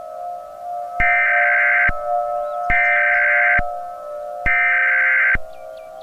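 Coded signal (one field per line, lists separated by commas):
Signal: Emergency Alert System (SAME) tones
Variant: header bursts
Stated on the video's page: Fictional Star Wars-themed EAS scenario, remastered preview.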